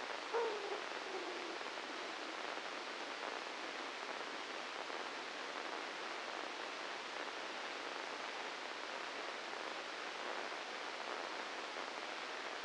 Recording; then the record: brain microelectrode recording played as sound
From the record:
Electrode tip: inside the subthalamic nucleus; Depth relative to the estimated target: -2 mm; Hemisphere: right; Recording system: NeuroSet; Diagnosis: Parkinson's disease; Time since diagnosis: 13 years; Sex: male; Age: 66 years